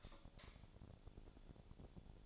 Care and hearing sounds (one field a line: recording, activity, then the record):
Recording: daily activity, microphone in the room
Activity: light off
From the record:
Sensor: 5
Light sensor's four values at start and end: 189/480/199/214 and 188/478/198/213